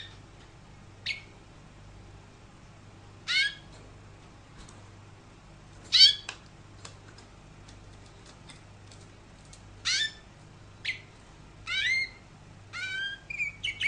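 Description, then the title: Canary giving scattered sharp chirps, single or in short pairs, with several seconds of near silence between them. "Kenari"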